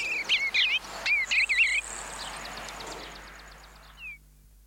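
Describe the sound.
Eastern bluebird song: soft warbled phrases of wavering notes, two short bursts in the first two seconds, then quiet with faint insect-like hiss and a last brief note.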